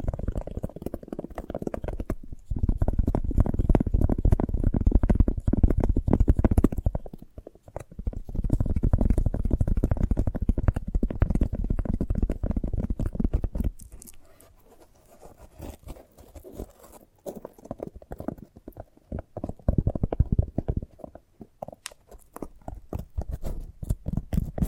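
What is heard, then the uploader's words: A sprouted coconut handled in dense, low crackling rustles that run in long bursts, then thin to sparse, irregular taps and crackles after fourteen seconds. ASMR of a Sprouted Coconut (No Talking).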